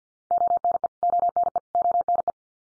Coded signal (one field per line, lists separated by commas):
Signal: Morse code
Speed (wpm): 48 wpm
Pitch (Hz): 700 Hz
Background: none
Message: ONE ONE ONE